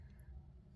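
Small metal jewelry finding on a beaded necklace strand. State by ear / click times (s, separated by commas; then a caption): not seated / none. A small metal jewelry finding is being handled and fitted onto a beaded necklace strand during assembly. Only a low, steady rumble with faint handling rustle is heard, plus a brief high-pitched tone near 0.2 s. Nothing has seated or clicked yet.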